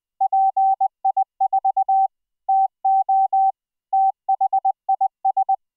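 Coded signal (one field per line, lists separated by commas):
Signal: Morse code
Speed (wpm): 20 wpm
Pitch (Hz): 770 Hz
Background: none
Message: PI4 TO THIS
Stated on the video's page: Morse sent as MIDI over IP between laptop and Raspberry Pi, rendered as audio by a GStreamer FluidSynth decoder using a custom CW soundfont.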